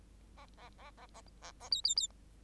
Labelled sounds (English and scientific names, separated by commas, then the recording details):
Bengalese Finch (Lonchura striata domestica) song
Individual Bird8